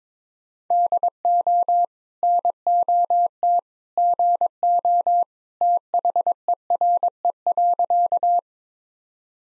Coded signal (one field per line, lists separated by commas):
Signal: Morse code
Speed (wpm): 22 wpm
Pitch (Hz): 700 Hz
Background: none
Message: DO NOT GO THERE.